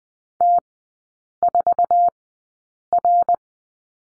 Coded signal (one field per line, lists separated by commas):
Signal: Morse code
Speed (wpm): 20 wpm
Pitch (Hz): 700 Hz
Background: none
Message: T4R